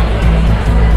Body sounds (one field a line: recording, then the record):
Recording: background sound without coughing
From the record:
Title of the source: Party Noise 1 Hour Party Ambience